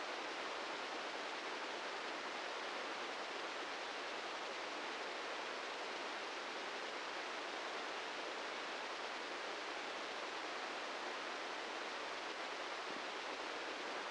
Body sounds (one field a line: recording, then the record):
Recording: brain microelectrode recording played as sound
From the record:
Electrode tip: inside the subthalamic nucleus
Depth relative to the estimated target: -1 mm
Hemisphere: left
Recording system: NeuroSet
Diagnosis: Parkinson's disease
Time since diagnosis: 15 years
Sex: male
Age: 65 years